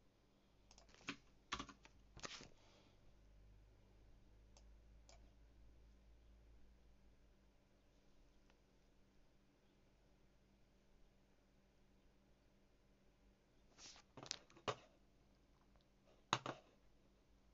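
Typing on a mechanical keyboard comes in short clusters of sharp clicks, one burst around the first two seconds and another near fourteen to sixteen seconds. Between them are long quiet pauses with only a few isolated taps over a low steady hum.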